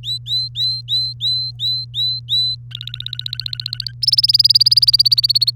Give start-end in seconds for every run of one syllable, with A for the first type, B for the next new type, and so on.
0.03-2.55 A, 2.71-3.92 B, 4.02-5.50 C